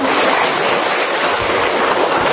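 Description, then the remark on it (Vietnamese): A church audience applauds loudly to congratulate members who read the Bible every day, a dense, steady wash of many hands clapping together that holds at full strength for the whole couple of seconds, with no voices rising above it. “Rồi, một tràng pháo tay thật to để chúc mừng tất cả những anh chị em ấy.”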